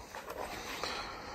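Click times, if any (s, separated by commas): none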